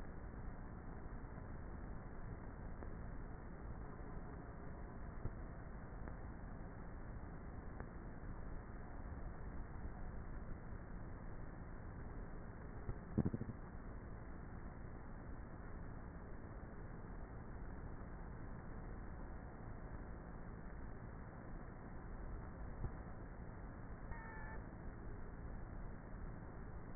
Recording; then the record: honeybee colony, microphone inside the hive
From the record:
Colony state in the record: queenless with a low population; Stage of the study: before two queens were removed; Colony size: about 30,000 bees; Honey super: no